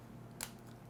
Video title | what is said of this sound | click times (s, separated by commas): Let's take a look at the Sennheiser Urbanite Headphones! | you do have a proprietary 3-pin port right here that actually locks into place | 0.4 s